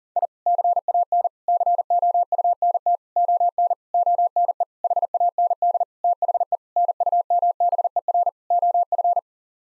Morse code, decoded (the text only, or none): I CAN COUNT ON ONE HAND THE NUMBER OF